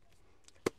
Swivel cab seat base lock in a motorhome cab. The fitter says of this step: When you hear the clunk, that goes back straight, you know you're locked in.